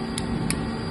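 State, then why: Torque reached. A click-type torque wrench tightens the cartridge bolt on a Mach 7R inverted cartridge fork for a Harley touring motorcycle. Two short, sharp clicks stand out at 0.2 s and 0.5 s over a steady low background hum. The wrench clicking at its setting shows the bolt has reached torque.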